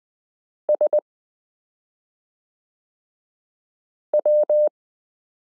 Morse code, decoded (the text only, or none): SW